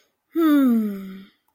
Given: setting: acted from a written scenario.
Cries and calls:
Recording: vocal sound without words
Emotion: serenity

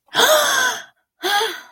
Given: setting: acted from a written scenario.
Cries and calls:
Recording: vocal sound without words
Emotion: fear

